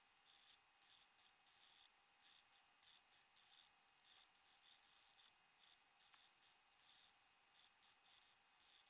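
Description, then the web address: Striped ground cricket song, a high-pitched buzzing trill broken into rapid irregular bursts, continuing without pause across the recording. "Crickets and Katydids. Striped Ground Cricket, Allonemobius fasciatus"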